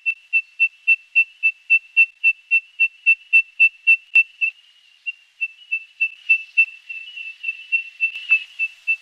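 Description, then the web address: Eastern yellow robin giving a rapid series of identical high piping notes, about four per second, pausing briefly, then continuing slightly more unevenly. Recorded in a garden in Canberra. "eastern Yellow Robin. canberra garden birds"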